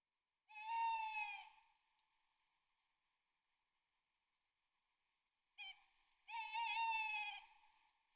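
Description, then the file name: Tawny owl hooting: a long steady hoot, a long gap, then a short note and a drawn-out quavering hoot, in quiet surroundings. "bosuil"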